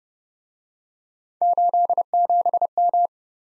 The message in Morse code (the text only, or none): 87M